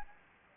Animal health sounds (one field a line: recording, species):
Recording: mosquito wingbeat signal from an infrared sensor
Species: Anopheles gambiae